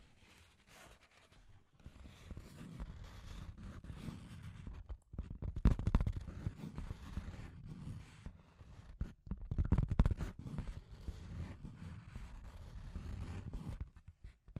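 Scratchy tapping and rubbing with a low, dense rumble, starting after two seconds, with sharper clicks around six and ten seconds.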